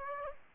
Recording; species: mosquito wingbeat signal from an infrared sensor; Aedes aegypti